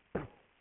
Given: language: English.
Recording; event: throat vibration sensor signal played as sound; cough